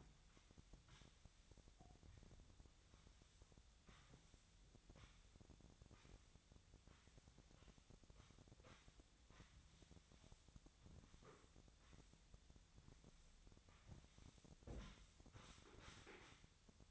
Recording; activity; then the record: daily activity, microphone in the room; sweep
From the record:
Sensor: 3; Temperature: 25.7 degrees Celsius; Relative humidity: 37.5%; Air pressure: 1006.9 hPa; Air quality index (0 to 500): 204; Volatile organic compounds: 18 ppm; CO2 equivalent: 2612 ppm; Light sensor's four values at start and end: 10/25/10/10 and 11/25/11/10